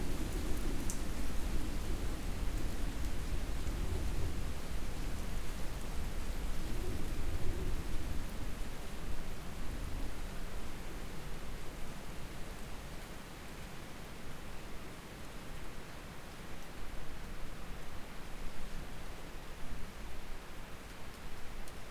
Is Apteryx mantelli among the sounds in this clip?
no